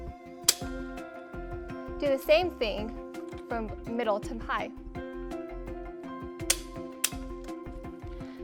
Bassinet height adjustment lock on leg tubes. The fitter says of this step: to the middle mode squeeze the button and pull up until you hear a click